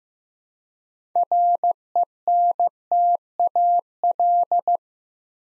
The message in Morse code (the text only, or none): RENTAL